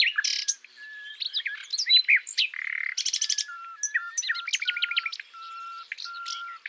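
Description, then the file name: Common nightingale pouring out varied phrases: a fast rattling burst, rising slurs, and a string of low, level whistles toward the end. "Luscinia megarhynchos"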